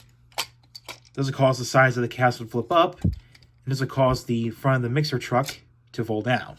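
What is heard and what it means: A plastic plug piece is pushed into the socket on the back of a transforming Unitrobo Nagoya Castle Mixer Truck toy and clicks into place at 0.4 s, setting off a spring mechanism that produces a few short ticking clicks. Someone then talks for the rest of the clip. The plug is seated.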